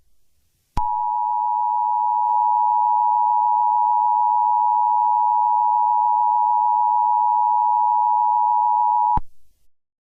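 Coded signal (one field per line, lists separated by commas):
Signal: Emergency Alert System (SAME) tones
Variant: 853 and 960 Hz attention tone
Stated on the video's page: Fictional EAS scenario, not a real alert.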